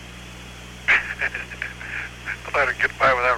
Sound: laughter